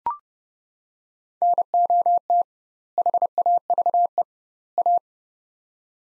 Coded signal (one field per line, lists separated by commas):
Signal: Morse code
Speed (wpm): 31 wpm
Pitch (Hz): 700 Hz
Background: none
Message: NOT HAVE A